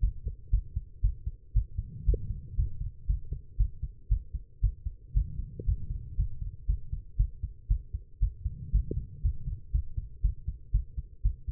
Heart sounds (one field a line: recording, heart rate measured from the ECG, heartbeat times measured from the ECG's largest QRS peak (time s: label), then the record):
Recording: heart sounds by stethoscope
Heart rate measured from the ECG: 118 bpm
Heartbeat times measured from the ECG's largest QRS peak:
0.01 s: heartbeat
0.51 s: heartbeat
1.02 s: heartbeat
1.53 s: heartbeat
2.06 s: heartbeat
2.56 s: heartbeat
3.07 s: heartbeat
3.57 s: heartbeat
4.09 s: heartbeat
4.61 s: heartbeat
5.14 s: heartbeat
5.66 s: heartbeat
6.17 s: heartbeat
6.67 s: heartbeat
7.17 s: heartbeat
7.68 s: heartbeat
8.20 s: heartbeat
8.72 s: heartbeat
9.22 s: heartbeat
9.72 s: heartbeat
10.22 s: heartbeat
10.72 s: heartbeat
11.23 s: heartbeat
From the record:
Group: healthy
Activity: rest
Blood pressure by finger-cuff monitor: 147/78 mmHg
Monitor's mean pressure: 94 mmHg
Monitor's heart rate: 118 bpm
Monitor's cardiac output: 9.3 L/min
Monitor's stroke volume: 79 mL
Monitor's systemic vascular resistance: 740 dyn s/cm5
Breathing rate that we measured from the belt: 18 breaths a minute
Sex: female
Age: 19 years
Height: 163 cm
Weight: 51 kg